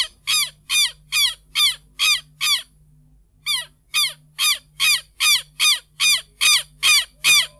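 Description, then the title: Southern lapwing calling in a fast, even series of shrill, grating notes about two or three per second, a short pause, then the series resumes; faint low hum beneath. Tero (Vanellus chilensis), Bahía Blanca area. "Museo de Ciencias de Bahía Blanca - PdA - Tero"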